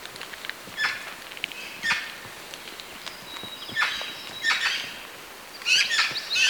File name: Pica pica